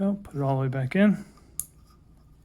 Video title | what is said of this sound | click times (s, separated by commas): 2021+ Ford Bronco: How To Fix Curt 56468 Trailer Hitch Wire Harness To Work With Halogen Tail Lights | when you push it in you'll hear a click maybe you just heard that click | 1.6 s